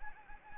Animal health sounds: mosquito wingbeat signal from an infrared sensor; Anopheles gambiae

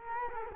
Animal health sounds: mosquito wingbeat signal from an infrared sensor; Culex quinquefasciatus

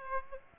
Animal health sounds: mosquito wingbeat signal from an infrared sensor; Aedes aegypti

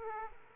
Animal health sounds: mosquito wingbeat signal from an infrared sensor; Aedes aegypti

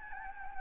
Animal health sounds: mosquito wingbeat signal from an infrared sensor; Anopheles gambiae

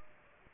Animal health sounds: mosquito wingbeat signal from an infrared sensor; Aedes aegypti

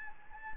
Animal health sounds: mosquito wingbeat signal from an infrared sensor; Anopheles gambiae

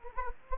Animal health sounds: mosquito wingbeat signal from an infrared sensor; Anopheles gambiae

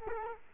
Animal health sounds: mosquito wingbeat signal from an infrared sensor; Culex quinquefasciatus

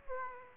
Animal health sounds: mosquito wingbeat signal from an infrared sensor; Aedes aegypti

